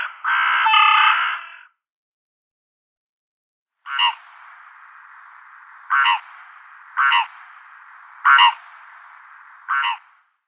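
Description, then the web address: Rook calls: one drawn-out, rasping caw, a silent gap, then five short harsh caws spaced a second or two apart over a faint steady hiss. "Schulze Peter Rook"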